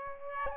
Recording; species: mosquito wingbeat signal from an infrared sensor; Aedes albopictus